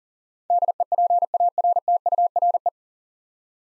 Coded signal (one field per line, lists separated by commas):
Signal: Morse code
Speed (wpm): 40 wpm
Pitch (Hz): 700 Hz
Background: none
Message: DEPARTURE